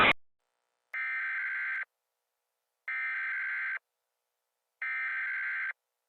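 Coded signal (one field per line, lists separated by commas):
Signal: Emergency Alert System (SAME) tones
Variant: header bursts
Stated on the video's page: Fictional EAS scenario about a destabilized Hadron Collider.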